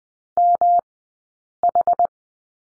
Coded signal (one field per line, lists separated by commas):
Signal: Morse code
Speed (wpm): 20 wpm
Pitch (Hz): 700 Hz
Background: none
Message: MH